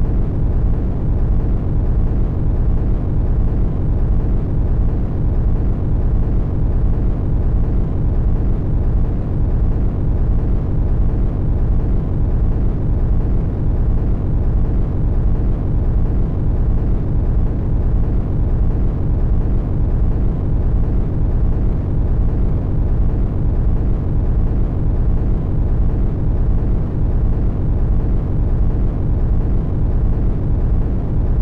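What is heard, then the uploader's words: A steady, unbroken roar of jet noise inside an airplane cabin, heavy in the low end with a deep rumble and a softer hiss above. Nothing changes over the half minute; the drone stays dense and even, with no separate events standing out. Airplane Cabin White Noise Jet Sounds.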